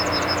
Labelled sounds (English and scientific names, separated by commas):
Yellowhammer (Emberiza citrinella) song